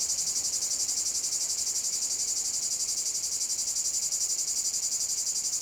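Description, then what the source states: Cicadas droning, a shrill continuous buzz with fast regular pulsing, no pauses and no other clear sounds. Cicada field at Domaine de la Sablière, Saint-Privat-de-Champclos, France; recorded with a Zoom H6 using an M/S microphone.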